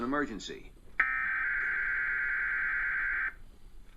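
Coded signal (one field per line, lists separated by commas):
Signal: Emergency Alert System (SAME) tones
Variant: header bursts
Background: speech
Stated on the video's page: Required weekly EAS test received on cable TV late at night.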